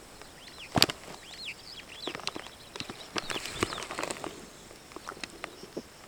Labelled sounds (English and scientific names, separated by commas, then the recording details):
Superb Starling (Lamprotornis superbus) flight call
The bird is a female
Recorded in Kenya on 17 June 2010
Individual 98, of group SRB2